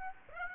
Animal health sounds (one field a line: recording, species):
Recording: mosquito wingbeat signal from an infrared sensor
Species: Aedes aegypti